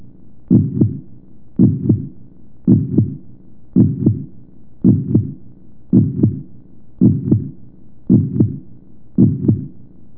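Steady paired low thumps, a lub followed closely by a dub, repeat about 56 times a minute with an even rhythm. A regular heartbeat with two clear heart sounds per cycle.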